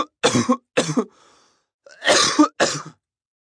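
Four harsh, noisy cough bursts come in two quick pairs within about three seconds, with a faint breath between the pairs. This is an acted adult male cough, a sick-person sound effect.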